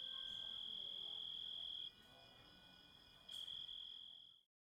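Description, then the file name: High continuous grasshopper trill that halts partway, resumes after a pause, then fades out into silence. Composite recording of grasshopper sounds. "engisprettur samsett hljo rit"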